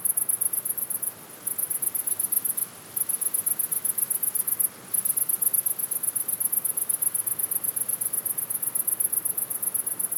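Cricket chirping, a high, thin, rapid pulsing trill in long runs broken by brief pauses near 1, 3 and 5 seconds, over faint steady hiss.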